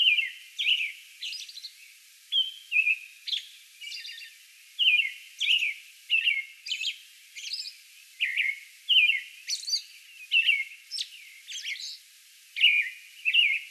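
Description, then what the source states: American robin singing steady whistled caroling phrases in quick succession, with occasional high squeaky accents. Song bout recorded on May 11.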